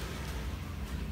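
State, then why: Not seated. A fuel hose quick-connector is handled at the fuel pump outlet fitting of a motorcycle, with only a steady low rumble and broadband noise and no distinct impacts. Nothing has seated or clicked yet; the connector is not yet home.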